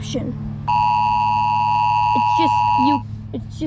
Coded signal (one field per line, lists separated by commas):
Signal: Emergency Alert System (SAME) tones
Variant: 853 and 960 Hz attention tone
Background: speech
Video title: rating eas alarms from 1 to 10